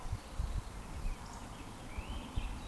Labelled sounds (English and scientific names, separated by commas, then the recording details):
Eurasian Woodcock (Scolopax rusticola) whistle
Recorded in Baden-Württemberg, Germany, on 13 June 2020 at 19:55 UTC
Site 14569, 102 m above sea level